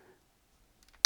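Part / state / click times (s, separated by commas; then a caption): battery pack into wireless security camera body / seated / 1.1 s. The internal battery pack of an Arlo Pro 4 XL wireless spotlight security camera is pushed back into the camera body against the resistance of a rubber weather seal. A few faint ticks sound between 0.8 and 1.0 s, then a sharp, loud click comes at 1.1 s. That click is the battery housing seating into place.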